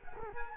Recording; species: mosquito wingbeat signal from an infrared sensor; Culex quinquefasciatus